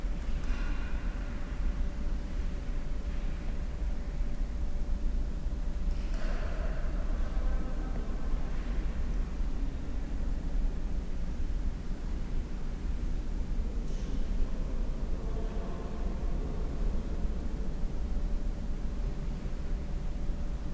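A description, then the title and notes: Cathedral interior ambience: a steady, dense low rumble fills the space, with a thin constant tone running underneath throughout. Faint, echoing sounds, perhaps voices or movement, surface briefly around six, eight, fourteen and sixteen seconds. Cathedral Ambiance | York Minster. This binaural field recording captures the essence of the cathedral's serene atmosphere.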